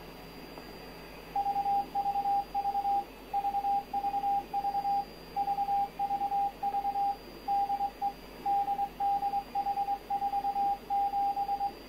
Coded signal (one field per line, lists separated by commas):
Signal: Morse code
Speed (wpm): 20 wpm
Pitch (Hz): 800 Hz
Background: radio noise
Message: VVV VVV VVV DE DDH47